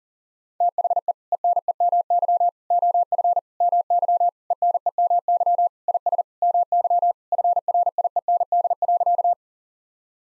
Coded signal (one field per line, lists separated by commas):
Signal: Morse code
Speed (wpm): 40 wpm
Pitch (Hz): 700 Hz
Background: none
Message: THE ENEMY OF MY ENEMY IS MY FRIEND.